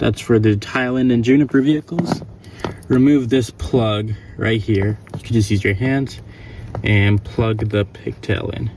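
Someone talks while removing a plug and handling a TESSTUDIO Docking Station 3.0 wiring pigtail by hand, about to plug it into the screen harness connector behind the screen of a Tesla Model 3/Y (Highland and Juniper vehicles, Model Y adapter MYD). Nothing has seated or clicked yet.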